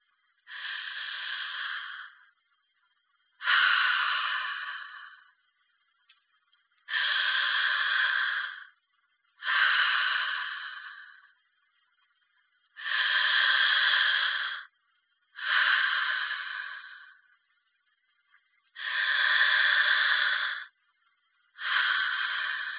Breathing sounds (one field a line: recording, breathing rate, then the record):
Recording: paced breathing near a phone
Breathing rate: 10 breaths a minute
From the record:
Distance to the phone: 20 cm